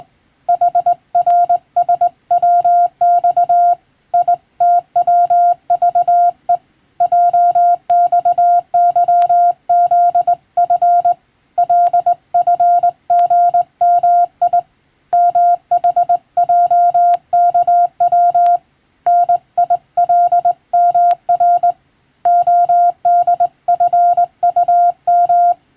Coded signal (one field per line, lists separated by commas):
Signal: Morse code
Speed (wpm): 20 wpm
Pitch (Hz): 700 Hz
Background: none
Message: HRSWX ITWVE JXYZF LFGMI MHJKW NILMR ODFUM